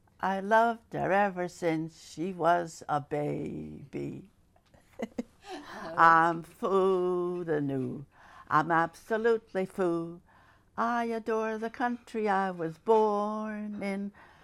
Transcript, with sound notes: I love d her ever since she was a baby. (laughs) I'm foo anew, I 'm absolutely foo, I adore the country I was born in.